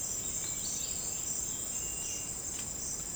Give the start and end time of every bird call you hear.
0.00s-2.37s: bird call (1.8-5.0 kHz)

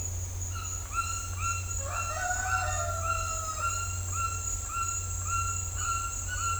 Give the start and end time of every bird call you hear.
0.56s-2.81s: bird call (0.8-5.4 kHz)
3.06s-6.60s: bird call (1.0-4.8 kHz)

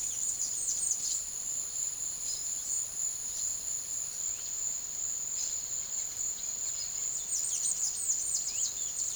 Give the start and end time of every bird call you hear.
0.00s-1.30s: bird call (2.4-9.1 kHz)
2.09s-3.54s: bird call (3.0-8.5 kHz)
5.23s-9.15s: bird call (1.5-10.6 kHz)

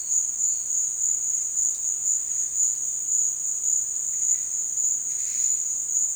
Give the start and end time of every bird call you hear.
5.00s-5.64s: bird call (1.6-7.1 kHz)

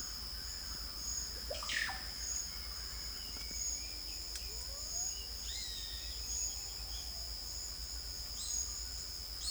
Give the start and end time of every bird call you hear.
1.36s-2.06s: bird call (0.3-4.7 kHz)
5.37s-7.16s: bird call (1.4-4.6 kHz)

